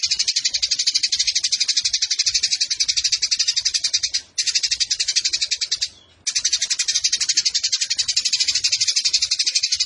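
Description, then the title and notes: Eurasian tree sparrow in a long, unbroken run of rapid, rasping chirps, interrupted by two short gaps, then carrying on at the same fast rate. Fighting sparrow with long rapid-fire 'nembak panjang' delivery and clear voice, used to train birds for song competitions. "GEREJA TARUNG NEMBAK PANJANG SUARA JERNIH MASTERAN WAJIB BURUNG LOMBA. Burung Gereja"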